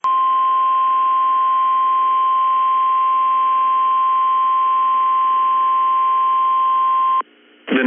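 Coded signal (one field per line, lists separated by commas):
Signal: Emergency Alert System (SAME) tones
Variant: 1050 Hz attention tone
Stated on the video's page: Severe Thunderstorm Warning from NOAA Weather Radio station KEC65, Minneapolis-St Paul.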